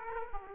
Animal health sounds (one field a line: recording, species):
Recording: mosquito wingbeat signal from an infrared sensor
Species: Aedes aegypti